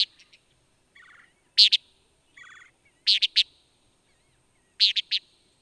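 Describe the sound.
Antillean nighthawk giving short bursts of two or three hard, clicking notes every couple of seconds, with a few lower buzzy chatters in the gaps.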